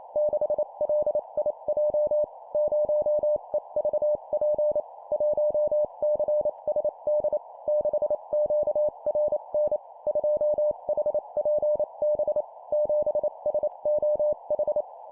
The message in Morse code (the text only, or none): 6LIJ 0EVP 1CSD 6QRN 2HPB 7SOH